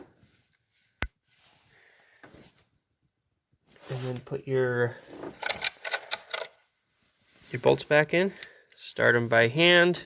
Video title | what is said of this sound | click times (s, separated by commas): 2012 Honda Civic spark plug change (1.8l) | make sure that they're latched and then | 1.0 s